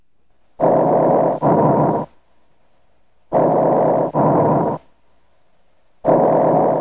Tracheal and mainstem bronchi breath sounds. Tracheal and mainstem bronchi breath sounds are loud and can be heard throughout inspiration and expiration over the trachea and mainstem bronchi.